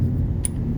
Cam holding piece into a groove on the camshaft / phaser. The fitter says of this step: It snaps in place.